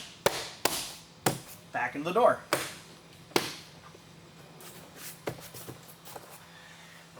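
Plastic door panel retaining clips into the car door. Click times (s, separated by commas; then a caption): 0.3 s, 0.7 s, 1.3 s. Plastic body clips on a car door panel are pushed back into their holes in the metal door, and sharp snaps are heard at 0.3, 0.7 and 1.3 seconds, with further knocks after. Someone talks while working around the panel. The door panel retaining clips seat into the car door.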